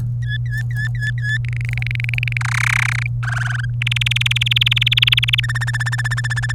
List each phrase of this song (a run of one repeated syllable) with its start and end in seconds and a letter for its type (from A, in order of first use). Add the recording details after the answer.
0.23-1.37 A, 1.45-2.37 B, 2.41-3.07 C, 3.22-3.65 D, 3.82-5.40 E, 5.43-6.52 F. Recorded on 27 April 2018 at 14:14. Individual llb3